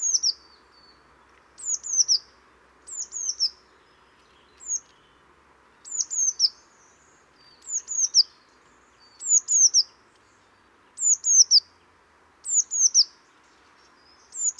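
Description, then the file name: Eurasian blue tit repeating bright, high descending call notes singly or in groups of two or three, every second or two, over steady low noise. "Cyanistes caeruleus"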